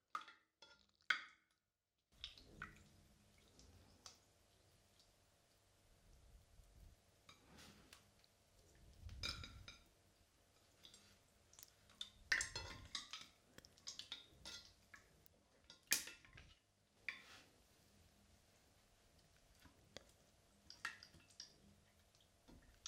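Slime is squished and pulled, giving wet, sticky clicks and squelches that come in irregular bursts. Louder squishes land near 9, 12 and 16 seconds, with soft ticking and smacking sounds scattered between and a faint low hum underneath.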